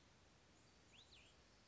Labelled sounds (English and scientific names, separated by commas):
Cassin's Vireo (Vireo cassinii)